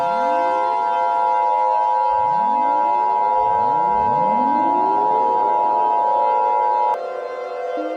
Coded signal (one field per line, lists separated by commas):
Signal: Emergency Alert System (SAME) tones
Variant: 853 and 960 Hz attention tone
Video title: EAS Mount Rainier Updated